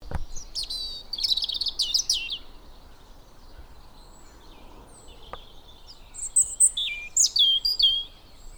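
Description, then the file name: European robin delivering a rapid, high warbled phrase of trills and thin notes, a single click in the pause, then another sparkling, varied phrase. "Erithacus rubecula"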